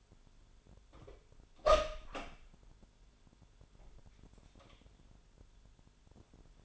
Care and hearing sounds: daily activity, microphone in the room; open door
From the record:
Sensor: 5

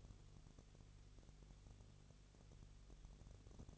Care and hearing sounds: daily activity, microphone in the room; no activity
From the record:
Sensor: 4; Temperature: 22.3 degrees Celsius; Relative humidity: 32.8%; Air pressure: 1002.0 hPa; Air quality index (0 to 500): 185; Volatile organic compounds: 4 ppm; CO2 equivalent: 1635 ppm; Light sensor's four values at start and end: 2/3/1/1 and 2/3/1/1

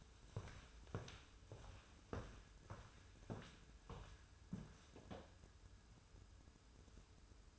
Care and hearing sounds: daily activity, microphone in the room; walk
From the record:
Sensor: 2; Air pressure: 994.2 hPa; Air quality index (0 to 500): 204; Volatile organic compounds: 1000 ppm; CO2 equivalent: 6712 ppm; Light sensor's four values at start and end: 68/159/65/65 and 77/177/74/73

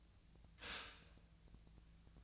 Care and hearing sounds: daily activity, microphone in the room; stop toaster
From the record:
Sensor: 2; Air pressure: 1009.2 hPa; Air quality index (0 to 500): 186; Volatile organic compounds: 11 ppm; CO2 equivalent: 2312 ppm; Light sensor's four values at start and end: 23/57/24/27 and 23/57/24/27

